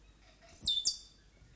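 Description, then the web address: Stitchbird song: a loud, very high phrase of about half a second, a bright note stepping down to a lower one, then a second sharp burst, against a quiet background. New Zealand native bird. "conservation native-animals birds bird-song stitchbird-song"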